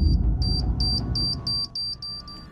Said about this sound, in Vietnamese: Hà giật bắn mình bởi âm thanh tít tít bỗng từ đâu vang lên liên hồi. Cô loay hoay nhìn xung quanh để xem thứ âm thanh đó từ đâu phát ra.